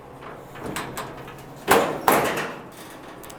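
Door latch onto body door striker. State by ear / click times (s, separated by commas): not seated / none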